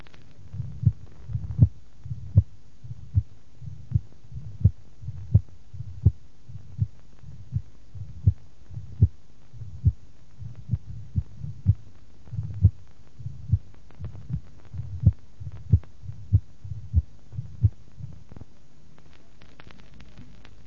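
Low, muffled adult heart sounds at an irregularly irregular rhythm with uneven gaps, over a low rumbling hum. This is mitral stenosis in atrial fibrillation, where the characteristic signs of the defect are blurred and auscultatory diagnosis is often difficult: the typical presystolic murmur disappears, and the first sound, second sound and mitral opening snap are hard to tell apart.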